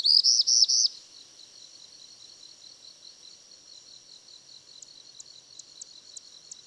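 Bird song ends a high slurred phrase at the start, then a steady high hiss with faint ticking clicks repeated every few tenths of a second.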